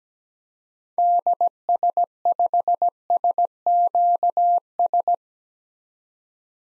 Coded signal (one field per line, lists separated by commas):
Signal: Morse code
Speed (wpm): 17 wpm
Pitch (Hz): 700 Hz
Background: none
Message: DS5SQS